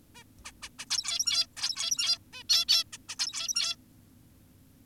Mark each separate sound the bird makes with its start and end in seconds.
0.15-0.24, 0.45-0.52, 0.62-0.69, 0.79-0.86, 0.91-1.46, 1.57-2.18, 2.33-2.43, 2.50-2.66, 2.68-2.84, 2.93-2.98, 3.09-3.16, 3.19-3.76